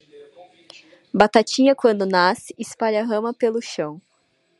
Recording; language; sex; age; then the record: short text; Brazilian Portuguese; female; 20 to 29 years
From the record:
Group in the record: control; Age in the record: 25 years